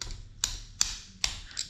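A skate tool turns the kingpin nut on a roller skate truck, and the nut clicks into successive detent positions as it is tightened or loosened. Sharp clicks are heard at 0.0, 0.4, 0.8 and 1.2 s, with a softer tick near 1.6 s. Each click marks the nut seating into the next detent.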